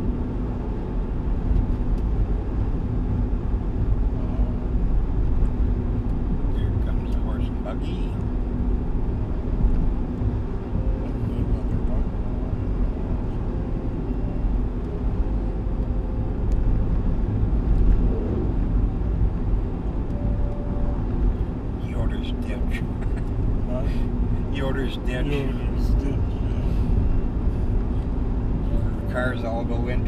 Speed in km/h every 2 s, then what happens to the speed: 78, 78, 78, 78, 78, 79, 79, 79, 79, 78, 78, 78, 78, 78, 77.
0-30 steady at about 78.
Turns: none.